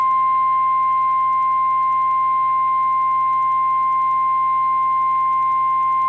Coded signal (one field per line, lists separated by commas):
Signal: Emergency Alert System (SAME) tones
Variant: 1050 Hz attention tone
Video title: HOORAY FOR MORE BACKLOGGED ALERTS! | EAS Alerts from 6/8/2022 (EAS #1341-1345)